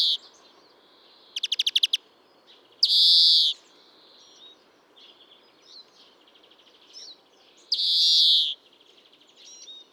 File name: Chloris chloris